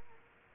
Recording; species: mosquito wingbeat signal from an infrared sensor; Culex quinquefasciatus